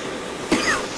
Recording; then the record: coughing mixed with background sound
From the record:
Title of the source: 34 coughing up crap again